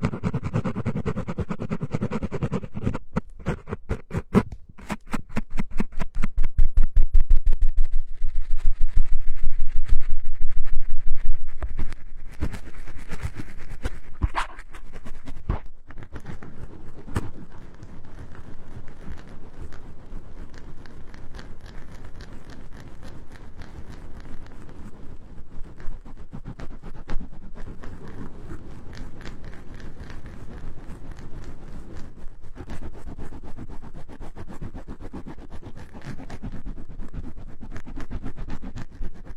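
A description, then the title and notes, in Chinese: Microphone rubbing and handling noise, with dense bursts of scraping and clicking that are loudest between about 4 and 12 seconds. Afterwards the friction settles into softer, steadier rustling with scattered sharp clicks, close to the mic and mostly low and muffled. 麦克风摩擦。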